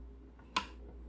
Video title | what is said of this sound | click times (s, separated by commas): M70AB2: What's the Difference From The new ZastavaUsa ZpapM70? Your Missing a lot! Let me Show You! | heard that click the gas now is off so now if you go to shoot it | 0.6 s